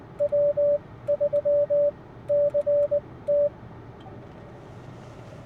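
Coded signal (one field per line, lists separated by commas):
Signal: Morse code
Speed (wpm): 20 wpm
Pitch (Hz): 580 Hz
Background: radio noise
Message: W3CT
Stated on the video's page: Xiegu G90 calling CQ on 10 meters through an $8 inverted V HF antenna.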